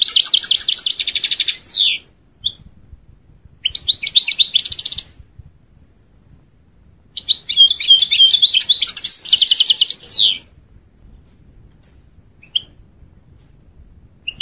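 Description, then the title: European goldfinch twittering song in several bursts of quick trills and buzzy notes, followed by scattered soft chirps. "Chant Chardonneret"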